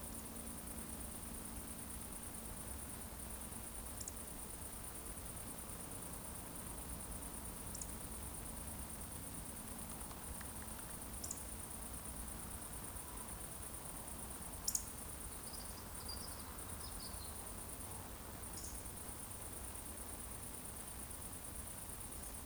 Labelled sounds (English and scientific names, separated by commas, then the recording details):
Eurasian Woodcock (Scolopax rusticola) whistle
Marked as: whistle, whistle, whistle, whistle, whistle, whistle, whistle
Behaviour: display flight
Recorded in Baden-Württemberg, Germany, on 25 June 2020 at 20:22 UTC
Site 14569, 102 m above sea level